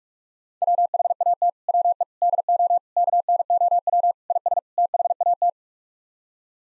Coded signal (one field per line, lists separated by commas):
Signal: Morse code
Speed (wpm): 46 wpm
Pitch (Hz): 700 Hz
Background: none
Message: WHAT WE DO KNOW IS THAT